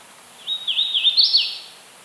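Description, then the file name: Hooded Warbler song: a short series of slurred whistles bouncing up and down, finishing with a higher rising note and a quick fall. "Setophaga citrina - Hooded Warbler"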